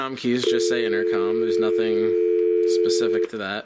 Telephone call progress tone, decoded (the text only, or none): dial tone